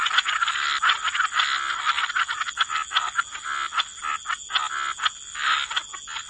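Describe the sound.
A thick frog chorus of rattling, overlapping croaks fills the whole stretch with barely any gaps, a thin steady hum beneath.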